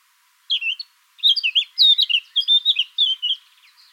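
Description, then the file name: Eurasian blackcap song: a short opening phrase, a pause, then a quick run of high, warbled and twittering notes lasting over two seconds. "Sylvia atricapilla"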